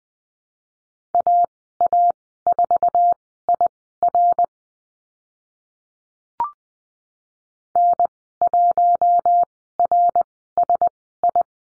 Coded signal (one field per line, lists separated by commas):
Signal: Morse code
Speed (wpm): 19 wpm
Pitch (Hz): 700 Hz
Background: none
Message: AA4IR N1RSI